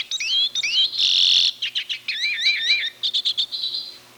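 Redpoll calls: rising twangy notes, a harsh buzzy burst, wavering double notes, then quick repeated chips and a short buzz.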